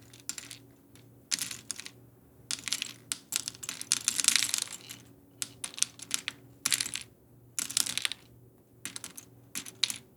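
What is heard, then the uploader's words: Toothpicks bounce and clatter in quick, bright bursts of tiny clicks, arriving in irregular clusters every second or so with short pauses between. The ticking is crisp, like rapid typing, over a steady low hum. Bouncy Toothpicks.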